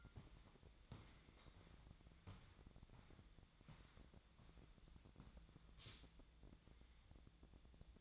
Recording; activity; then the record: daily activity, microphone in the room; walk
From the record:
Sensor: 3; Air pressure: 1012.2 hPa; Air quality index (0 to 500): 182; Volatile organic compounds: 3 ppm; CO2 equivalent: 1396 ppm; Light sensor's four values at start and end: 61/149/68/73 and 51/135/58/61